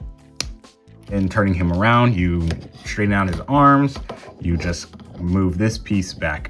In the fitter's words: You just kind of fold it down and you just push on the back till it clicks like this.